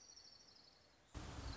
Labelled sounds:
Orange-crowned Warbler (Leiothlypis celata)
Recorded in Sonoma County, California

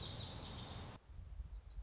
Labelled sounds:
Lazuli Bunting (Passerina amoena)
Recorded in Sonoma County, California

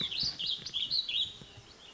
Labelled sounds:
Warbling Vireo (Vireo gilvus)
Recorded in Sonoma County, California

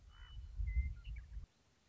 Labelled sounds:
Western Meadowlark (Sturnella neglecta)
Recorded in Sonoma County, California

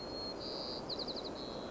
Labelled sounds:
White-crowned Sparrow (Zonotrichia leucophrys)
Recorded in Sonoma County, California

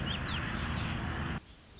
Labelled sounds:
Warbling Vireo (Vireo gilvus)
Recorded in Sonoma County, California

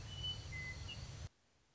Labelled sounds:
Western Meadowlark (Sturnella neglecta)
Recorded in Sonoma County, California

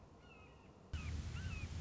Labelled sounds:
Red-shouldered Hawk (Buteo lineatus)
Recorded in Sonoma County, California

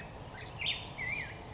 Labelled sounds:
Black-headed Grosbeak (Pheucticus melanocephalus)
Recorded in Sonoma County, California

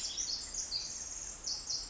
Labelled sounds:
Pacific Wren (Troglodytes pacificus)
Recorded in Sonoma County, California

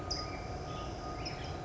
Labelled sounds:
California Towhee (Melozone crissalis)
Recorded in Sonoma County, California

